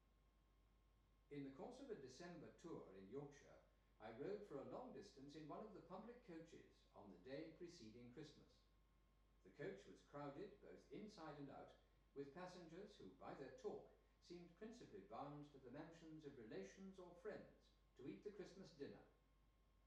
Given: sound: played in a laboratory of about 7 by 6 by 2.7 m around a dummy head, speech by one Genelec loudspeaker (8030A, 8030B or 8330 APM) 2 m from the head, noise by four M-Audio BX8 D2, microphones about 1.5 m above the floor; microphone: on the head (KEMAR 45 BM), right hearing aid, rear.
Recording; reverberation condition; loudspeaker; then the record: male speech in English; medium; 60 degrees to the left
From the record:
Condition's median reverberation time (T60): about 510 ms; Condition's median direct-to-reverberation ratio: about -0.5 dB